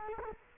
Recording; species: mosquito wingbeat signal from an infrared sensor; Culex quinquefasciatus